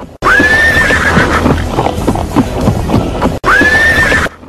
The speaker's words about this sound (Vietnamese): Ngựa hí lên vang vọng cả trường đua